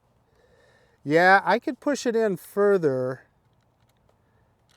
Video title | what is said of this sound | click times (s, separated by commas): Hubsan Zino! Rolling Back the Firmware Resolved the Battery Issue | but it didn't click so I don't know if how how well it was in there | none